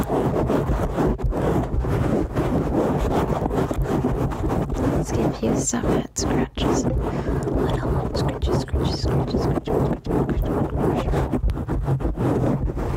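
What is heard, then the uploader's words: Head scratching on a microphone cover makes a dense, continuous rustle with a heavy low rumble, like wind buffeting the mic. The scratching runs steadily without pause, broken by quick brief gaps, and grows a little brighter and crackly midway through. ASMR Head Scratchies! Different Mic Covers.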